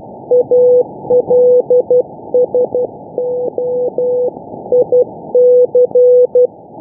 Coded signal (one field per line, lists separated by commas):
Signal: Morse code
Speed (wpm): 12 wpm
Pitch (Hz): 500 Hz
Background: none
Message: ALSO IC